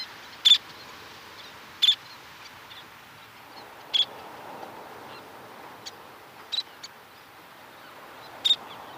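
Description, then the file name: Least tern giving several brief, sharp, high-pitched calls at irregular intervals against a soft hiss. "Golosa ptic - Karlikovaya krachka Sternula antillarum"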